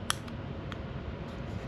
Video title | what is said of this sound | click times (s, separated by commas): Unboxing Dji Osmo Pocket 3 Camera From Amazon + Poshmark Organization Vlog! | the other side didn't it didn't click so you want to make sure that when you put it on | 0.1 s